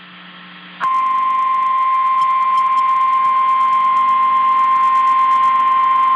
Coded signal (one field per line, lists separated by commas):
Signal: Emergency Alert System (SAME) tones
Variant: 1050 Hz attention tone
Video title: Oh Jacksonville... EAS Alerts From 2/6/21 (EAS #161 - #165)